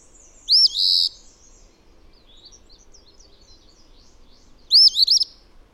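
Bird singing two high phrases of rising-falling whistled slurs, the first with a buzzy ending, separated by a few seconds of quiet, scattered chirps.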